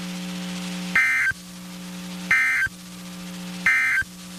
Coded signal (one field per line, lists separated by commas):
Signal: Emergency Alert System (SAME) tones